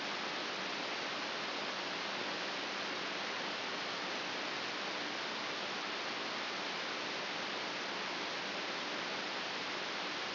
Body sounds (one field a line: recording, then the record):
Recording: brain microelectrode recording played as sound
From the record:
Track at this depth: outside the subthalamic nucleus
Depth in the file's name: 6.612 mm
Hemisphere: left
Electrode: 3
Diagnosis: Parkinson's disease